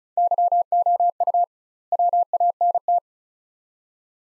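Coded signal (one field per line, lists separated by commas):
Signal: Morse code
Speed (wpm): 36 wpm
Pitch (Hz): 700 Hz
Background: none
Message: YOU WANT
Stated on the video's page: Head-copy drill of two-word groups at 35 wpm with 2x word spacing, Farnsworth-like; each set sent, spoken, then sent again.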